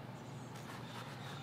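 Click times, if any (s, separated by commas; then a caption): none. The plastic plunger of a windshield repair kit is fitted tight into the resin chamber and gripped, ready to be pulled up to the click marks. Only a steady low hum with broadband noise is heard, brightening slightly in the upper range from about 0.6 s, with no sharp sounds. Nothing has clicked yet.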